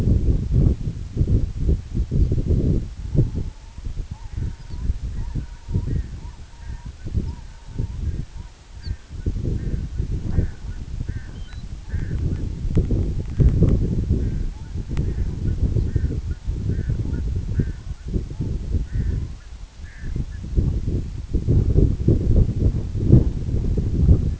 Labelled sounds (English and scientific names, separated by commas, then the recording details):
unidentified sound, Red-throated Loon (Gavia stellata), American Golden-plover (Pluvialis dominica)
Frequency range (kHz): American Golden-plover (Pluvialis dominica) 3.0-4.2 kHz
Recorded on Arctic tundra, site EABA-1, on 26 June 2018
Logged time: 08:00